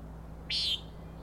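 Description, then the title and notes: Common nighthawk giving one sharp buzzy peent, short and harsh, with nothing else notable around it. Three birds flying in a close follow-the-leader formation near the recordist, peenting, wing booms and a rattling noise; Schoodic Head overlook, Acadia National Park, Winter Harbor, Maine; 061617, 4am. "Common Nighthawks, Schoodic Head 061617 4am. 3 common nighthawks making peenting calls and wings booms but also a rattling noise at the Overlook (410 ft) on Schoodic Head (435 feet) Schoodic division Acadia National Park Winter Harbor, ME"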